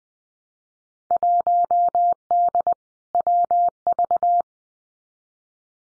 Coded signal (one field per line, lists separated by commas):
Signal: Morse code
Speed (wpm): 20 wpm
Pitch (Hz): 700 Hz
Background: none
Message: 1D WV